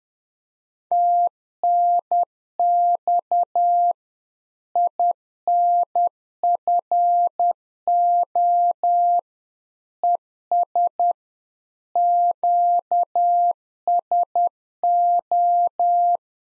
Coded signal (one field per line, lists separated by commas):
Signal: Morse code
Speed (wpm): 10 wpm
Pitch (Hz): 700 Hz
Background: none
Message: TNX INFO ES QSO